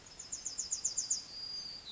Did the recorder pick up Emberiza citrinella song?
yes